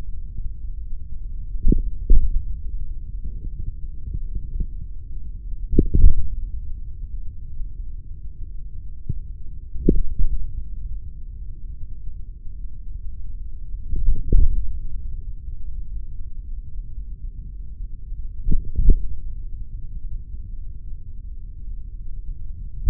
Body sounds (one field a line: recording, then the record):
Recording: forearm muscle sounds (acoustic myography)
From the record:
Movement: hand closing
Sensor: system 3, bracelet of six PUI Audio POM-2738L microphones around the upper forearm, with dedicated amplification and filtering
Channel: 2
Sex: male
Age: 56 years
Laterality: right